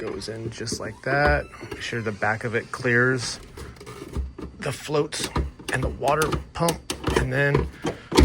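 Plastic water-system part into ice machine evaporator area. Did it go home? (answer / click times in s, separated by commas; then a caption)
no / none. Someone talks while fitting a plastic water-system part into the evaporator area of a Koolaire ice machine, pushing it toward its mount so the back clears the floats and the water pump. There are a few soft handling knocks over the speech, and the clip ends before the part goes home, so nothing has seated or clicked yet.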